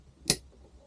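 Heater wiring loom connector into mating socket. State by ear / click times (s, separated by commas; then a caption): seated / 0.3 s. A plastic wiring loom connector on a Chinese diesel heater is pushed into its mating socket and latches with a single sharp click at 0.3 s, bright across the highs, over an otherwise quiet background. The connector is seated.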